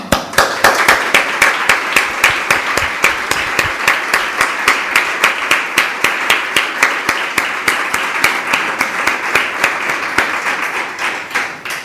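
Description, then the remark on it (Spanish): An audience claps together in a steady, even rhythm, sharp loud claps repeating several times per second for the whole stretch, with no one speaking over it. “Desde aquí Espero que todas aplaudamos y luchemos porque esto acabe pronto.”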